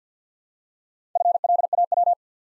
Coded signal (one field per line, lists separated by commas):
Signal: Morse code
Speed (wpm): 50 wpm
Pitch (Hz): 700 Hz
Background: none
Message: FLAW